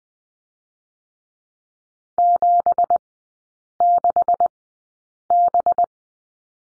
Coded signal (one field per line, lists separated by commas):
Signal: Morse code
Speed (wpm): 20 wpm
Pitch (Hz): 700 Hz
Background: none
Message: 76B